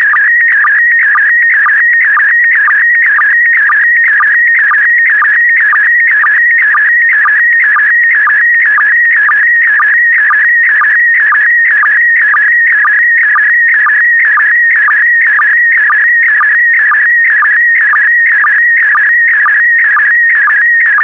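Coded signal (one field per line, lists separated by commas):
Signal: SSTV (slow-scan television)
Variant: PD120 mode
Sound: continuous warbling whistle around 1.9 kHz, broken by short low chirps twice a second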